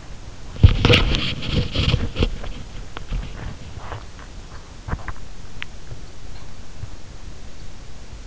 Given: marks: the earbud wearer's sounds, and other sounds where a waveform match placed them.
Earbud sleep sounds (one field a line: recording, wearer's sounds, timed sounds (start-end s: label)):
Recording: sounds in sleep by an in-ear microphone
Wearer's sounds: body movement, teeth grinding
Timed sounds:
0.28-4.42 s: body movement
3.51-5.85 s: teeth grinding